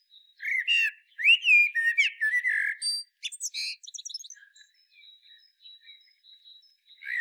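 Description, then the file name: Common blackbird delivering a long mellow fluting phrase with slurred whistles, finishing in rapid squeaky chirps, followed by soft high notes. "Turdus merula"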